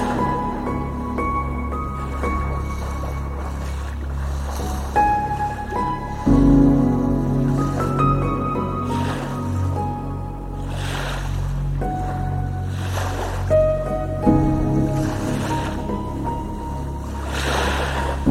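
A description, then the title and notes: Ocean waves wash in with a steady, deep rumble, soft bright hiss swelling roughly every two to three seconds as each wave breaks. Underneath runs a constant low engine-like drone with sustained tones that shift in pitch, as from a boat. Ocean Waves.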